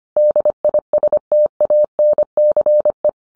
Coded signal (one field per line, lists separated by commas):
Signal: Morse code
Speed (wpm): 25 wpm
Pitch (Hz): 600 Hz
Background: none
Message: DISTANCE